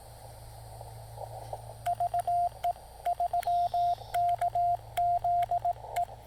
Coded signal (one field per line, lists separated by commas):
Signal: Morse code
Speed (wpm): 18 wpm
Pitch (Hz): 700 Hz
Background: radio noise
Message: VE3KZE